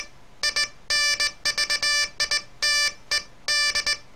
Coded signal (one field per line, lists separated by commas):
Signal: Morse code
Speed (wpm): 19 wpm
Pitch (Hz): 1750 Hz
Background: none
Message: INVITED